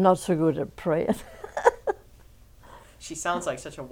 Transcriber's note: she laughs